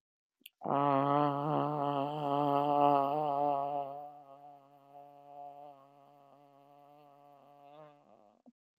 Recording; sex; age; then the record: vowel held as long as possible; female; 60 to 69 years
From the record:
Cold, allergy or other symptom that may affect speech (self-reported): no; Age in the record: 60 years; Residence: Illinois, United States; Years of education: 20